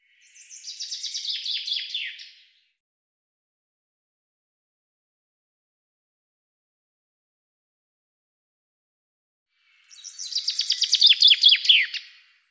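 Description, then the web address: Common chaffinch song phrase heard twice, each a quick series of descending notes, separated by about seven seconds of silence. "Deverinetal 2025 File cleaned normalized Bird Fr Co"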